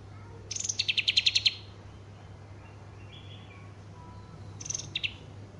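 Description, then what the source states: Horsfield's bush lark giving one quick burst of high, rapidly repeated chirping notes, then a brief fainter fragment a few seconds later, with a low background hum. Full song repertoire.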